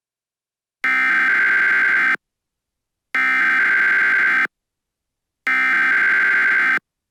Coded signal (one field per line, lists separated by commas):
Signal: Emergency Alert System (SAME) tones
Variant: header bursts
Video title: EAS Scenario - Vampire Hunters (Part 1)